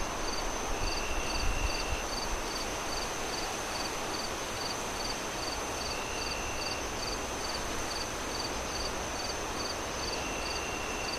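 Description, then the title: Cricket chirps, a few each second, with an intermittent lower trill, over continuous wind noise with a brief low rumble early on. Crickets chirping at night amid strong wind gusts through trees. "Relaxing Crickets Sounds On A Windy Night"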